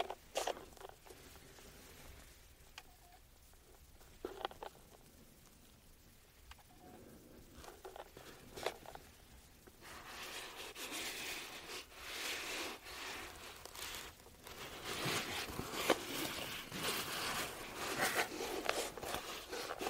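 Tapping on the case of an aroma oil bottle. Sharp, bright taps come sparsely through the first half, then grow busier and louder after about ten seconds into quick, scratchy clusters of tapping and rustling that continue to the end.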